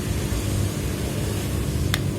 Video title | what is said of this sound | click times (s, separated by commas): ABIS KECELAKAAN benerin proji dan UPGRADE SMART LED | Nah, udah bunyi cetek itu dia udah mengunci. | 1.9 s